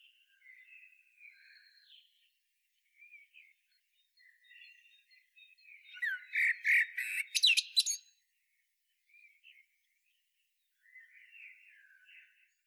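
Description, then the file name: Common blackbird song: soft, low fluty warbles in scattered phrases, then a loud burst of high squeaky twittering near the middle before quieter warbling resumes. "Turdus merula"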